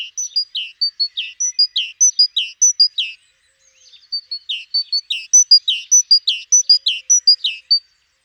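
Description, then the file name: Great tit calling in fast repeated phrases, each a high thin note dropping to a lower slurred chip, a short gap after three seconds before calling restarts. "Parus major"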